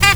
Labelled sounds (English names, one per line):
Zebra Finch stack call